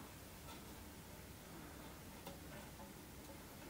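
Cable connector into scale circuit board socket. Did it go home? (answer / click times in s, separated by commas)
no / none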